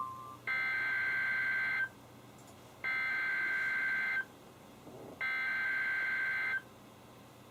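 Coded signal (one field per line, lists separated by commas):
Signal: Emergency Alert System (SAME) tones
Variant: header bursts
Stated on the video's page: NOAA Weather Radio alerts from station KHB36 issued by Sterling, VA: severe thunderstorm watches and warnings and a special marine warning.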